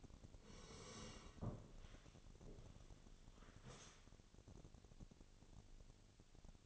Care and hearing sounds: daily activity, microphone in the room; sit down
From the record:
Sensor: 4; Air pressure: 1001.2 hPa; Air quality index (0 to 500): 182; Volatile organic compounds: 2 ppm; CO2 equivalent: 1305 ppm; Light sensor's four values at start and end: 14/32/13/13 and 14/32/13/13

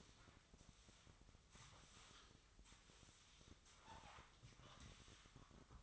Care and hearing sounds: daily activity, microphone in the room; sweep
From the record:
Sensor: 3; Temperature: 24.8 degrees Celsius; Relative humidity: 38.3%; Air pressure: 1003.1 hPa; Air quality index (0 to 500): 196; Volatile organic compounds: 6 ppm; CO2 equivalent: 1913 ppm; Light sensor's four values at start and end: 18/43/18/20 and 18/44/18/20

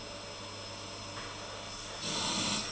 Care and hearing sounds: daily activity, microphone in the room; vacuum cleaning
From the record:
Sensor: 4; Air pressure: 992.6 hPa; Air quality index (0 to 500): 146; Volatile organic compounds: 94 ppm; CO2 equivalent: 3712 ppm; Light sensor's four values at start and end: 17/59/22/22 and 18/61/22/23

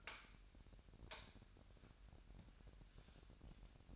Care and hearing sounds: daily activity, microphone in the room; light on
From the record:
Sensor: 2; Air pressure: 1011.8 hPa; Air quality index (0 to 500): 213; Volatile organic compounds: 3 ppm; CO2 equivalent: 1499 ppm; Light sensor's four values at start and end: 10/24/10/10 and 15/40/17/17

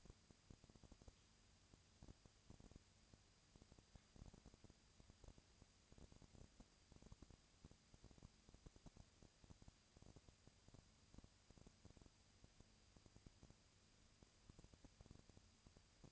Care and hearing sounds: daily activity, microphone in the room; no activity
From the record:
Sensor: 2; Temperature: 20.1 degrees Celsius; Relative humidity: 35.5%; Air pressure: 996.7 hPa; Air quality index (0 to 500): 198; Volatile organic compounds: 30 ppm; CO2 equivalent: 2959 ppm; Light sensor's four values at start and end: 2/3/2/2 and 2/3/2/2

